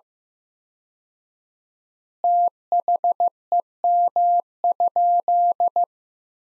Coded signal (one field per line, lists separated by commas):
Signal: Morse code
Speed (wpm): 16 wpm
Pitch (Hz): 700 Hz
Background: none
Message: THEM?